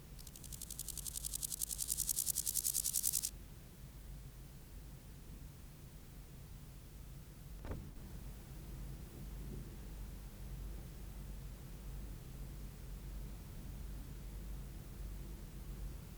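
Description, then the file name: Two-marked grasshopper song: one dry, rasping buzz of fine rapid pulses lasting about three seconds, then quiet with low background rumble and a single soft knock. "Chorthippus binotatus"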